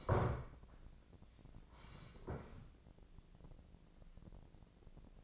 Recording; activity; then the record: daily activity, microphone in the room; sit down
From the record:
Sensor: 5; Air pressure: 1012.4 hPa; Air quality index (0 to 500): 162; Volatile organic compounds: 2 ppm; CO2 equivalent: 1102 ppm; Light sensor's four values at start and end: 262/624/268/298 and 262/624/268/297